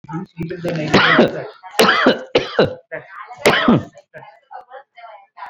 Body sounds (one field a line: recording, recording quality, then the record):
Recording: heavy voluntary cough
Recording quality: moderate, slight background noise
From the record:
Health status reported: respiratory illness, not identified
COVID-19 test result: negative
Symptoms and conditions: cough, chronic lung disease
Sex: male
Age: 48 years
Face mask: not worn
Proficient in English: yes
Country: India